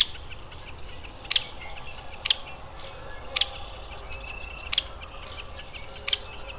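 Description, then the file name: Hairy woodpecker calling sharp, bright peek notes about once a second, five in a row, over faint background chirping. Adult bird. "Hairy WPAdult"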